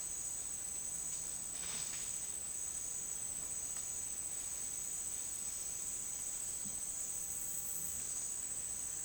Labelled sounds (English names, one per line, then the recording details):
none
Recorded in secondary vegetation near Puerto Asís, Putumayo, Colombia, on 29 June 2025 at 10:00
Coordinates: 0.485, -76.322
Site GP06